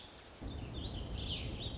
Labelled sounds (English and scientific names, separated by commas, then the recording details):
Warbling Vireo (Vireo gilvus)
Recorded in Sonoma County, California